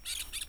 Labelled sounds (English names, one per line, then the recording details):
Brown-throated Parakeet contact call
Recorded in Venezuela
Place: Tumeremo, Edo. Bolivar; Comunidad indigena, escuela de Fe y Alegria
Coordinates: 7.209, -61.364